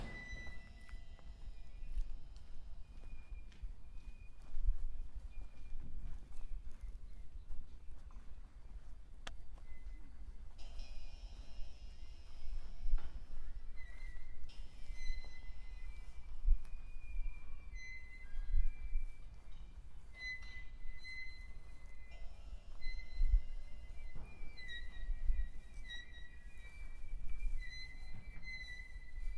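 A sound walk through the Saline Royale at Arc-et-Senans amid its installations. A steady low rumble runs throughout while thin, high sustained tones enter around ten seconds and shift pitch. Sparse clopping knocks, like hooves or footsteps, sound every few seconds.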